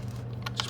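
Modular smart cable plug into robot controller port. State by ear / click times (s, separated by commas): seated / 0.5 s, 0.6 s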